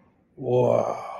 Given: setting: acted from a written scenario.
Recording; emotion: vocal sound without words; awe